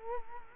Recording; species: mosquito wingbeat signal from an infrared sensor; Culex quinquefasciatus